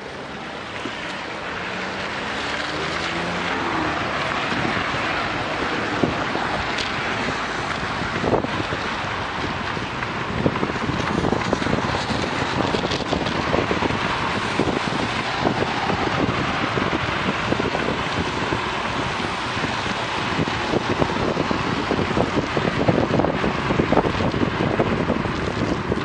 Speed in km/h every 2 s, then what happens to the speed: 1, 15, 17, 20, 22, 25, 27, 28, 29, 30, 31, 31, 31.
0-12 pulls away to 27. 12-26 steady at about 30.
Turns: none.